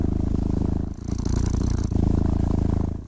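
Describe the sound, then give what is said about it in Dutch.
A cat purrs steadily on its own, a low, even rumble that shifts slightly with each breath cycle, fairly loud and continuous throughout. “Nee, je moet een kat lekker gewoon dit geluid laten maken.”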